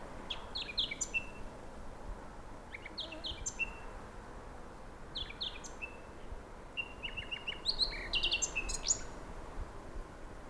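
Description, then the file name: Eurasian blackcap giving short warbled phrases about every two to three seconds, each a quick chirpy run ending in a flat whistle, with soft background noise. "Sylvia atricapilla"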